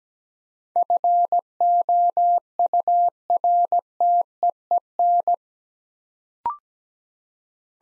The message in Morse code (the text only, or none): FOURTEEN